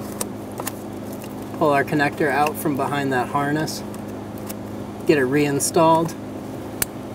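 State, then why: Seated. Someone talks while pushing the plastic electrical connector back onto the high pressure fuel pump of a 2014-2018 Chevrolet Silverado 1500 5.3L V8. A sharp click at 6.8 s marks the connector seating, and the red locking tab is then closed.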